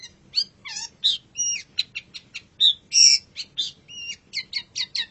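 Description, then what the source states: Long-tailed shrike in varied song, a jumble of quick chirps, short whistles and slurred notes, switching phrases every fraction of a second. Long-tailed shrike song, described as a champion singing bird.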